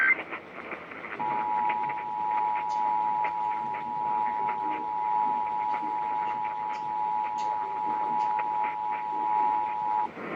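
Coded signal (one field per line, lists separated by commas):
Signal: Emergency Alert System (SAME) tones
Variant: 853 and 960 Hz attention tone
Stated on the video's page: Real EAS alerts received over a span of weeks.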